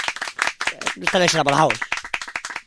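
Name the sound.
applause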